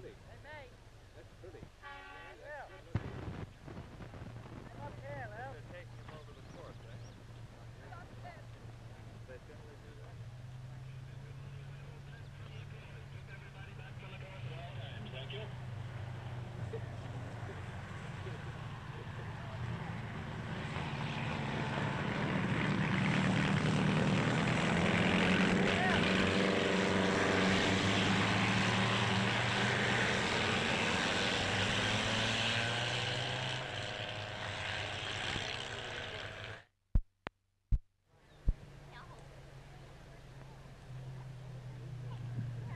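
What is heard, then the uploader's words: Race car engines roar past on a road, with a low engine drone throughout that swells into a loud, rising pass around 20 to 35 seconds. Brief ticks and clicks sound near the start, and the sound cuts out abruptly for a moment near 37 seconds. EARLY AUTOMOBILE ROAD RACES, 1930S. CIRCA 1930 SPEED CAR RACE THROUGH RURAL AREA, LOAD ROARING ENGINES OF RACE CARS AS THEY SPEED BY ON RURAL ROADS, SPECTATORS COMMENT.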